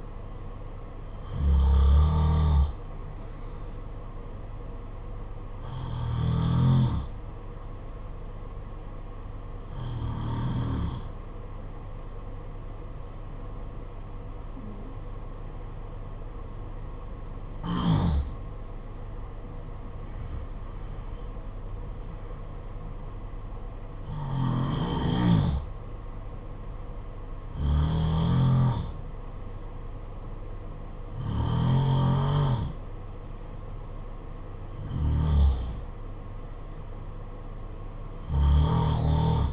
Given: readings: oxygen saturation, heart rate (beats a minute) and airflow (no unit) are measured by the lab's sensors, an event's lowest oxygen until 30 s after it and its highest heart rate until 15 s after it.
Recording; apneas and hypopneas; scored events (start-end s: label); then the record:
breathing in sleep by a smartphone at the bedside; 1
7.00-28.40 s: hypopnea (N2, oxygen 96% highest, then 92% lowest, heart rate 50 at the start, 57 highest)
From the record:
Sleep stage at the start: N2 (light sleep); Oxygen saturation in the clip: 86 to 96%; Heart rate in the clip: 50 to 57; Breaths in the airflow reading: 10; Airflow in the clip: -7.5 to 8.0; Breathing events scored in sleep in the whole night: 476 in 9.7 hours asleep